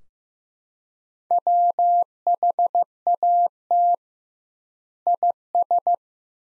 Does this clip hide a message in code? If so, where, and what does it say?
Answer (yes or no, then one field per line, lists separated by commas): yes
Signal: Morse code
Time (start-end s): 1.3-5.9 s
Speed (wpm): 15 wpm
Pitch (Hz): 700 Hz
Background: none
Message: WHAT IS